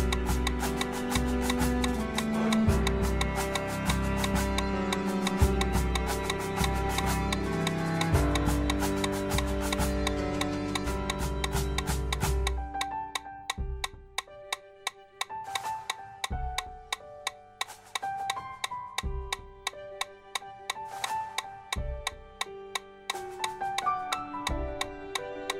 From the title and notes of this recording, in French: L’entrainement consiste à courir 1h15 en endurance à 175 pas par minute en suivant le métronome.